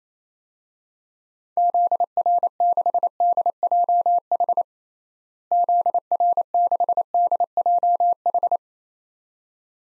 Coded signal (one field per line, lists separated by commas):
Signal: Morse code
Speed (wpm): 28 wpm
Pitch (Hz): 700 Hz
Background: none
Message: ZR6DJH ZR6DJH